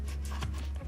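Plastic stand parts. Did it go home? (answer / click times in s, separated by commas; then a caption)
no / none. The two parts of a PlayStation 5's plastic stand base are rotated in opposite directions to set it into its locked vertical stand position, with brief handling rustles over a steady low hum. Nothing has seated or clicked yet.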